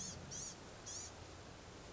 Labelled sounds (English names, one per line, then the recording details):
Blue-gray Gnatcatcher
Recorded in Sonoma County, California